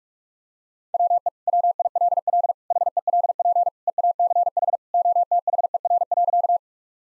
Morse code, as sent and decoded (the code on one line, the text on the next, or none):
.-- . / .-- .. .-.. .-.. / .... . .-.. .--. / . .- -.-. .... / --- - .... . .-. .-.-.-
WE WILL HELP EACH OTHER.